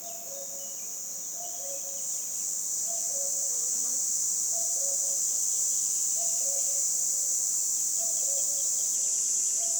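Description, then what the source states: Red cicada producing a continuous, shrill, hissing buzz, with a cuckoo's soft, low two-note call repeating regularly beneath it. Recorded 22 June 2020 at 11:10 beside the road near Châtillon-en-Diois, France, at the end of spring; song starts hesitantly, then reaches full power; common cuckoo singing; Nagra recorder with omni microphone.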